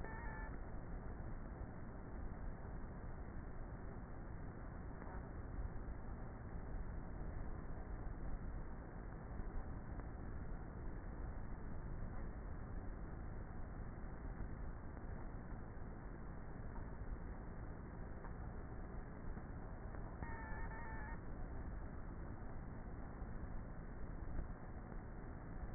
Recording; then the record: honeybee colony, microphone inside the hive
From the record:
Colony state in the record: queenless with a low population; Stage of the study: before two queens were removed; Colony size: about 30,000 bees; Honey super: no